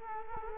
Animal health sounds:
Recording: mosquito wingbeat signal from an infrared sensor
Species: Culex quinquefasciatus

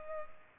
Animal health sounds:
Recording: mosquito wingbeat signal from an infrared sensor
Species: Culex pipiens

